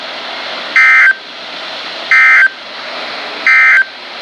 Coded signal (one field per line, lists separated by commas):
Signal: Emergency Alert System (SAME) tones